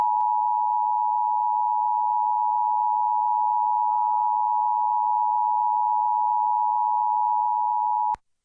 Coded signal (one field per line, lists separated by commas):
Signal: Emergency Alert System (SAME) tones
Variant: 853 and 960 Hz attention tone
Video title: Virginia's Required Monthly Test on WVRA-AM and WVEC (EAS #1239-1240)